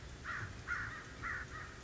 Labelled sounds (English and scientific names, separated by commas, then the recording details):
American Crow (Corvus brachyrhynchos)
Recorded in Sonoma County, California